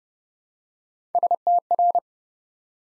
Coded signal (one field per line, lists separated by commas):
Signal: Morse code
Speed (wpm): 30 wpm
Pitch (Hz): 700 Hz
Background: none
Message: STR